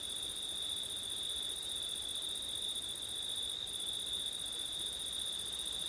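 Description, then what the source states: Crickets in chorus, a steady unbroken high trill with a second shimmering band far above that breaks briefly once, over a soft background hiss. Crickets on a September night, with wind; ortif (ORTF) microphone setup.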